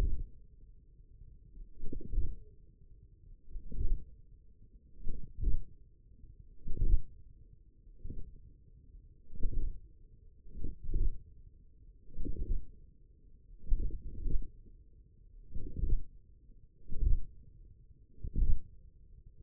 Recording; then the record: forearm muscle sounds (acoustic myography)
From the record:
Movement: hand opening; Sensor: system 1, eight BSWA MPA416 microphones around the upper forearm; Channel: 7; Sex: male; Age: 28 years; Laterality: right